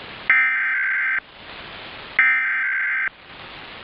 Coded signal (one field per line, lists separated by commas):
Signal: Emergency Alert System (SAME) tones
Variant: header bursts